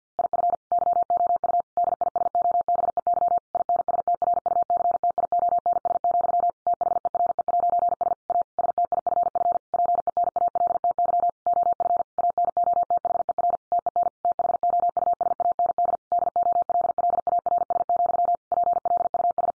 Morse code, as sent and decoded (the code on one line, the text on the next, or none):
.. ..-. / -.-- --- ..- / -.. .. ... --- -... . -.-- / .. -. ... - .-. ..- -.-. - .. --- -. ... --..-- / - .... . .-. . .----. ... / .- / ... - .. ..-. ..-. / .--. . -. .- .-.. - -.-- / --- ..-. / .- -. --- - .... . .-. / - . -. / - .... --- ..- ... .- -. -.. / -.. --- .-.. .-.. .- .-. ... --..-- / .--. .-.. ..- ...
IF YOU DISOBEY INSTRUCTIONS, THERE'S A STIFF PENALTY OF ANOTHER TEN THOUSAND DOLLARS, PLUS